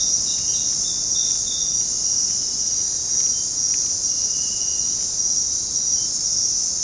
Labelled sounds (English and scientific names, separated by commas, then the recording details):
none
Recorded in dense forest near Puerto Asís, Putumayo, Colombia, on 19 February 2024 at 20:30
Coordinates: 0.503, -76.322
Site G6418